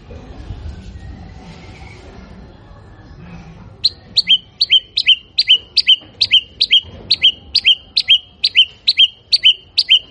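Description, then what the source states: White-rumped shama giving a fast, even run of many sharp, identical notes after a few seconds of quiet background rumble. Lure recording of a bird singing continuously, used to provoke a quick response from other shamas.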